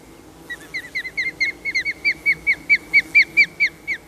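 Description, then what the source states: Osprey calling in a long series of high, shrill whistles that start soft and irregular, then grow louder and steadier. Call described as probably quite shrill.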